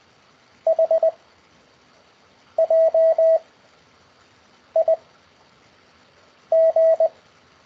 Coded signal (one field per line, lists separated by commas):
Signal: Morse code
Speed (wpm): 19 wpm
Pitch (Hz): 660 Hz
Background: none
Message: H J I G